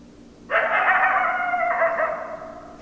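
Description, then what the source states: Coyote howl: a single rough, sustained tonal howl starting abruptly and holding nearly level pitch for about two seconds before fading. 10 December 2012.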